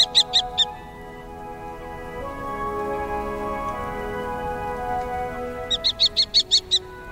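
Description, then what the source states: Common Kestrel giving quick strings of shrill repeated kee notes at the start and end, over a steady low droning hum. Perched on a signboard eating fairly large prey in the evening sun, on a sunny autumn afternoon at Watarase Retarding Basin; call described as a high, sharp 'kikiki'.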